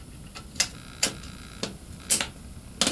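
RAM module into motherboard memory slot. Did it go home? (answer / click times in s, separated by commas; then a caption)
yes / 0.6 s, 1.0 s, 2.8 s. A RAM memory module, lined up by its notch, is pushed down into a motherboard DIMM slot until the retention latches click shut. Sharp clicks are heard at about 0.6, 1.0 and 2.8 seconds over a quiet background, with a softer tap near 1.6 seconds. The module ends up seated in the slot.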